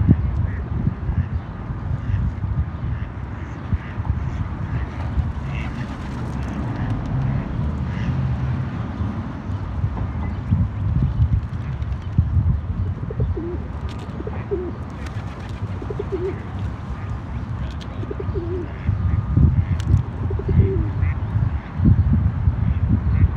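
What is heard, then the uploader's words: Birds call across the water along a canal, with short chirps and a few duck-like quacks scattered through the middle and later seconds. A steady low rumble, like wind or traffic, fills the background, growing slightly louder and busier toward the end. A Walk on the Canal. The sun was shining, there was a nice crisp breeze, and the sky was filled with the most magnificent clouds. The bird symphony that seemed to be skipping across the water.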